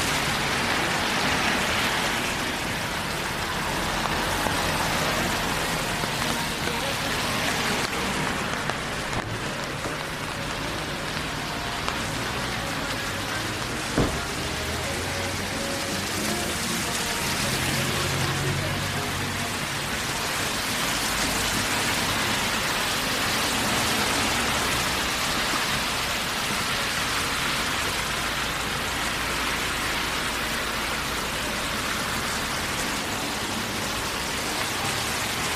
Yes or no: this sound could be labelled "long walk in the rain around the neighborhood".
yes